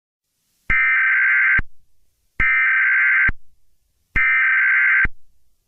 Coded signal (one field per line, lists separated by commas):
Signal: Emergency Alert System (SAME) tones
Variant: header bursts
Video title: EAS scenario the summer of death